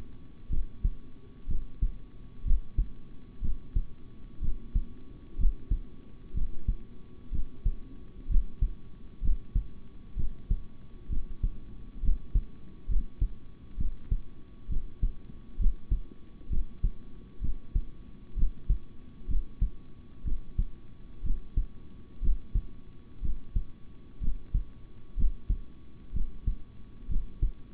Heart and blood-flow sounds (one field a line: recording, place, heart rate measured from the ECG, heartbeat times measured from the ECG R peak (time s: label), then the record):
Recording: heart sounds by stethoscope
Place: between the tricuspid and mitral areas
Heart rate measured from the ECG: 63 bpm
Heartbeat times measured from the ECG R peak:
0.49 s: heartbeat
1.47 s: heartbeat
2.44 s: heartbeat
3.41 s: heartbeat
4.41 s: heartbeat
5.37 s: heartbeat
6.34 s: heartbeat
7.31 s: heartbeat
8.28 s: heartbeat
9.21 s: heartbeat
10.16 s: heartbeat
11.09 s: heartbeat
12.01 s: heartbeat
12.88 s: heartbeat
13.77 s: heartbeat
14.68 s: heartbeat
15.58 s: heartbeat
16.49 s: heartbeat
17.41 s: heartbeat
18.36 s: heartbeat
19.27 s: heartbeat
20.24 s: heartbeat
21.23 s: heartbeat
22.21 s: heartbeat
23.21 s: heartbeat
24.20 s: heartbeat
25.16 s: heartbeat
26.13 s: heartbeat
27.08 s: heartbeat
From the record:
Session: rest, sitting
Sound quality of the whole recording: good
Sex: male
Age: 26 years